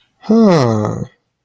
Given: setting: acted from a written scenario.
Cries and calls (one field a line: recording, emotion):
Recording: vocal sound without words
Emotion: interest